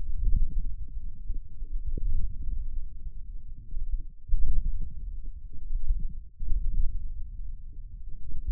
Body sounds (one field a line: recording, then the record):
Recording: forearm muscle sounds (acoustic myography)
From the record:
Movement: wrist flexion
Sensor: system 1, eight BSWA MPA416 microphones around the upper forearm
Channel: 8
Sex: male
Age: 28 years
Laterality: right